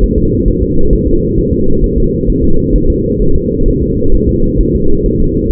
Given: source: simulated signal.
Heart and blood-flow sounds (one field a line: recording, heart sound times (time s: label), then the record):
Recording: fetal heart sounds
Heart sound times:
0.04 s: S1
0.18 s: S2
0.48 s: S1
0.62 s: S2
0.93 s: S1
1.08 s: S2
1.38 s: S1
1.53 s: S2
1.84 s: S1
1.98 s: S2
2.30 s: S1
2.44 s: S2
2.76 s: S1
2.90 s: S2
3.22 s: S1
3.36 s: S2
3.68 s: S1
3.83 s: S2
4.15 s: S1
4.29 s: S2
4.61 s: S1
4.75 s: S2
5.06 s: S1
5.20 s: S2
5.51 s: S1
From the record:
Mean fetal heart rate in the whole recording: 135 bpm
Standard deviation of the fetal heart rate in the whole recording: 3 bpm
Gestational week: 36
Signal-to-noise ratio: -19.1 dB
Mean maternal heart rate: 72 bpm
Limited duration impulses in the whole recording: present